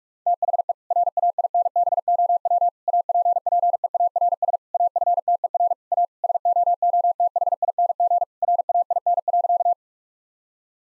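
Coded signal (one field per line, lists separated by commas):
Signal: Morse code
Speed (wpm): 41 wpm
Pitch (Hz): 700 Hz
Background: none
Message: THE RAINBOW APPEARS AFTER A SOOTHING RAIN.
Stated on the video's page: Morse practice set of difficult sentences with contextual hints, sent at 45 wpm.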